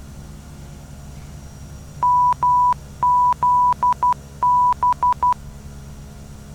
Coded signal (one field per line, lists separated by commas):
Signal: Morse code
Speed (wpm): 12 wpm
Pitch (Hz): 990 Hz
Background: none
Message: MZB